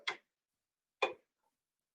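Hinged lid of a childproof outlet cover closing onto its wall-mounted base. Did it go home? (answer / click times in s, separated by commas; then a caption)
yes / 1.0 s. The hinged plastic lid of a childproof outlet cover is pushed closed onto its wall-mounted base. Two short, sharp ticks are heard, a softer one at 0.1 s and a louder one at 1.0 s. The louder tick at 1.0 s is the lid latching, and the cover is locked shut.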